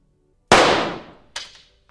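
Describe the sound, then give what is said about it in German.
A loud pistol shot cracks out and rings off in a long fading tail, followed under a second later by a second, quieter shot, as a woman plays with her pistols in a production of Ibsen's Hedda Gabler. No one speaks. “Jetzt spielt die wieder mit ihren Pistolen rum.”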